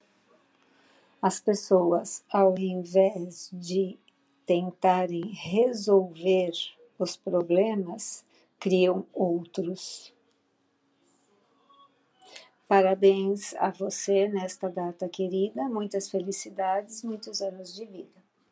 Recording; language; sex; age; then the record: short text; Brazilian Portuguese; female; 50 to 59 years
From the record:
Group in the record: control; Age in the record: 58 years